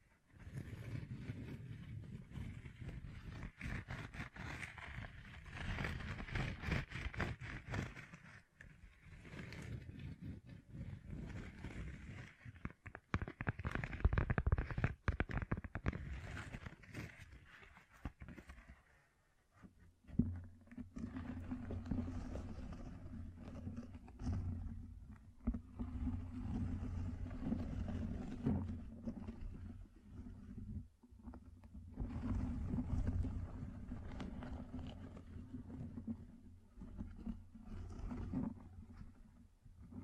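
Gem-covered fingertips tap and scratch in a dense, rough stream, with sharp clicks scattered through the first twenty seconds over a heavy low rumble. Around the twenty-second mark the sound shifts to a steadier low hum, with scratching continuing in softer, sparser bursts.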